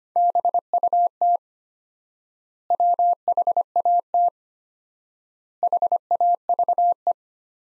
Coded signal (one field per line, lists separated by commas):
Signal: Morse code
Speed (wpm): 25 wpm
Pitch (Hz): 700 Hz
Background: none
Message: BUT WHAT HAVE